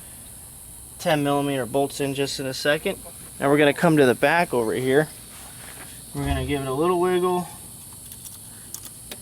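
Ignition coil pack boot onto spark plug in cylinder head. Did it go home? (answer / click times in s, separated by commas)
yes / 8.7 s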